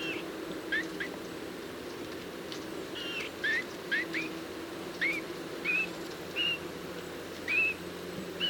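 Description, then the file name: Eurasian bullfinch calling with a series of brief, soft plaintive whistles, some rising or bent, at irregular intervals against a steady low rumble. "Pyrrhula pyrrhula"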